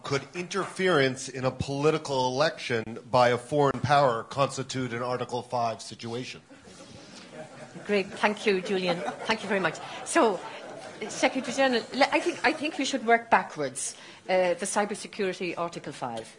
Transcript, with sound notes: could interference in a political election by a foreign power constitute an Article 5 situation?
Great, thank you Julian. Thank you very much. [laughter, talking] So, Secretary General I think we should work backwards, the cyber security Article 5.